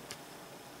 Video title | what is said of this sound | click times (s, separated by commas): Sneak Peek Diamond Art Club All for Love Part 1 | can sometimes hear a snap a little | 0.1 s